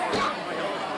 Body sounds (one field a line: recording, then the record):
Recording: coughing mixed with background sound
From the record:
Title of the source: Barking cough - # 10